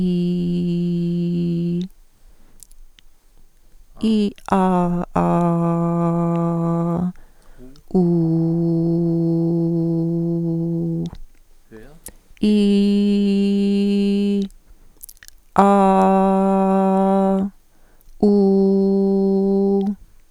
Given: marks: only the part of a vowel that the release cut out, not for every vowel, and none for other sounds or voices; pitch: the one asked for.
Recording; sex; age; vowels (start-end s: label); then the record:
sustained vowels; female; 50 to 59 years
0.00-1.77 s: vowel /i/, normal pitch
5.37-6.83 s: vowel /a/, normal pitch
8.53-10.52 s: vowel /u/, normal pitch
12.89-14.35 s: vowel /i/, high pitch
15.79-17.23 s: vowel /a/, high pitch
18.36-19.77 s: vowel /u/, high pitch
From the record:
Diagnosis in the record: dysphonia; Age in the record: 58 years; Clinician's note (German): Leichte phsychogene, phonasthetisch mäßige Dysphonie